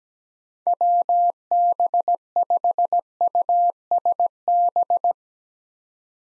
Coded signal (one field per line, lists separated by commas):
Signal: Morse code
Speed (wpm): 17 wpm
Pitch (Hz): 700 Hz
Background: none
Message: WB5USB